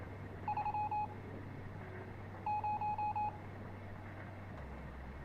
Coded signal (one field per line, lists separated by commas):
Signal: Morse code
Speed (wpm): 28 wpm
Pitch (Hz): 840 Hz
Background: none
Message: 3 0